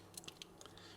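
A custom plastic torso and abdomen piece is pushed onto the body joint of a different action figure to test whether it fits. It clicks into place at 0.2 s and 0.3 s, followed by lighter plastic ticks. The part is confirmed seated and fits.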